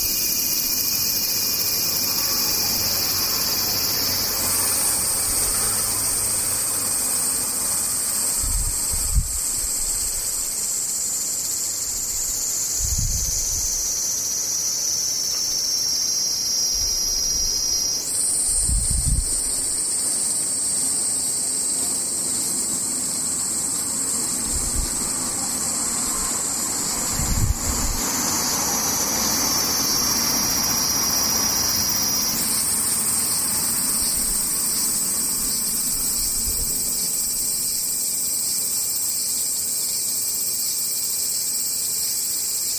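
Cicadas drone without pause, a bright, dense high buzz that slowly wavers in pitch, dipping and jumping back up around 5, 18 and 32 seconds. Beneath it, brief low thumps or rumbles come and go every few seconds, and a soft low hum runs throughout.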